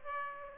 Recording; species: mosquito wingbeat signal from an infrared sensor; Aedes aegypti